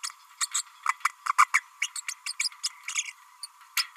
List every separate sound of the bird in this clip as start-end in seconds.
0.03-0.09, 0.40-0.46, 0.54-0.62, 0.85-0.97, 1.25-1.32, 1.38-1.47, 1.53-1.60, 1.81-1.89, 1.95-2.01, 2.08-2.13, 2.26-2.32, 2.39-2.48, 2.63-2.69, 2.87-3.12, 3.43-3.46